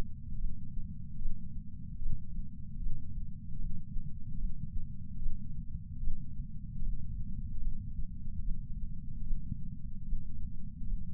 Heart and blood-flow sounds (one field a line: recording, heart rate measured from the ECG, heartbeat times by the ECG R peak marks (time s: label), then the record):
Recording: heart sounds by patch sensor on the chest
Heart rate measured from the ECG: 74 bpm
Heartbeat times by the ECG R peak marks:
0.38 s: heartbeat
1.19 s: heartbeat
1.99 s: heartbeat
2.80 s: heartbeat
3.58 s: heartbeat
4.38 s: heartbeat
5.20 s: heartbeat
6.01 s: heartbeat
6.81 s: heartbeat
7.61 s: heartbeat
8.43 s: heartbeat
9.24 s: heartbeat
10.06 s: heartbeat
10.87 s: heartbeat
From the record:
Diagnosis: coronary artery disease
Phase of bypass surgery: postoperative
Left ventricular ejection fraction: 60%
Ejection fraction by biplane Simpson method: 54%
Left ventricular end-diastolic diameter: 47 mm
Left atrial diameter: 39 mm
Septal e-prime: 8.6 cm/s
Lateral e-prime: 7.5 cm/s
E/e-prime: 10.3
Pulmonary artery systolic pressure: 24 mmHg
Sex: male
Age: 75 years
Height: 168 cm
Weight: 74 kg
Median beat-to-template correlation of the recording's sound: 0.84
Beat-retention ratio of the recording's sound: 0.99